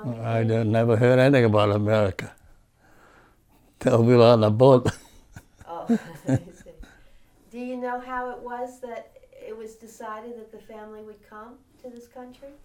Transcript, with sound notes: I never heard anything about America, till we were on the boat. (he laughs)
Do you know how it was that it was decided that the family would come to this country?